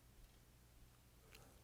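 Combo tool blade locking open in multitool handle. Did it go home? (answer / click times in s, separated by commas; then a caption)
yes / 1.3 s. The combo tool on a steel Leatherman Wave Plus multitool, with its bottle cap opener, can opener and V-notch wire stripper, is opened on the scales side of the handle. A small, sharp click at 1.4 s stands out over a quiet background as the lock engages. The combo tool is locked open in place.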